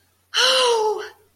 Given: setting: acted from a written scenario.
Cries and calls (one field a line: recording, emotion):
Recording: vocal sound without words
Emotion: ecstasy